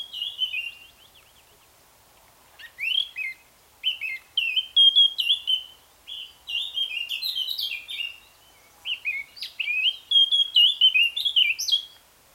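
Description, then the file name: Eurasian blackcap singing a run of quick, chattering and fluty warbled phrases, several short bursts following one another with brief gaps. "Sylvia atricapilla"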